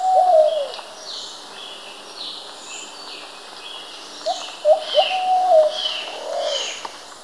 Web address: Natures Songs S America Birds of Ecuador Plumbeous Pigeon